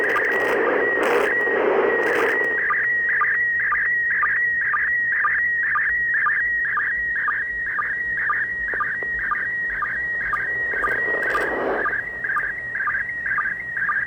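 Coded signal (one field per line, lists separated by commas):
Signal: SSTV (slow-scan television)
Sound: steady warbling high tone with regular rhythmic dips, buried in hiss and low rumble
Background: radio static, room noise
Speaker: some of you all could use the audio the last bit of audio there to fine tune and practice receiving signals using your software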